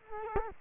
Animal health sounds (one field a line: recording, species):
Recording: mosquito wingbeat signal from an infrared sensor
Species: Culex quinquefasciatus